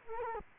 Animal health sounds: mosquito wingbeat signal from an infrared sensor; Culex quinquefasciatus

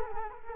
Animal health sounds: mosquito wingbeat signal from an infrared sensor; Culex quinquefasciatus

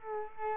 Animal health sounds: mosquito wingbeat signal from an infrared sensor; Culex quinquefasciatus

